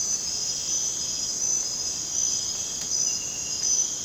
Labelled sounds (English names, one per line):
none